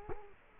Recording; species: mosquito wingbeat signal from an infrared sensor; Culex quinquefasciatus